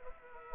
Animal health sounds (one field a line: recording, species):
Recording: mosquito wingbeat signal from an infrared sensor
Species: Culex pipiens